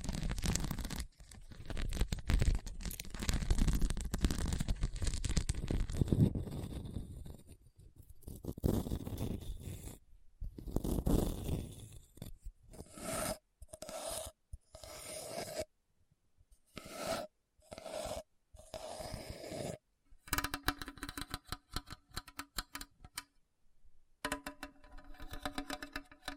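Scratching across a hard, bumpy surface, rough and gritty. The first ten seconds are dense, continuous scraping with low rumbling; after that it breaks into short strokes separated by silent gaps, ending in a run of fast, rattling ticks with a steady, faint tone.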